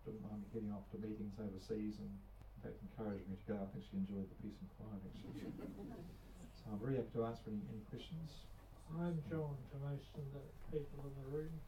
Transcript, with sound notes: Didn’t mind me heading off to meetings overseas, and in fact encouraged me to go – I think she enjoyed the peace and quiet, actually. [Chuckles] So I’m very open to answering any questions. I’m John to most of the people in the room;